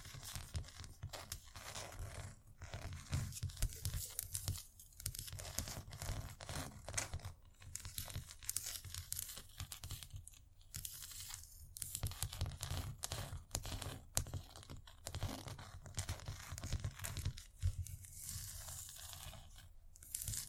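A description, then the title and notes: Scratchy tapping runs throughout, a dense, uneven stream of dry scrapes and quick taps with a crinkly, tearing texture. Brief pauses break the flow now and then, around 2.5, 10.5 and 17.5 seconds, beneath a steady low hum. Irresistible Scratchy-tapping.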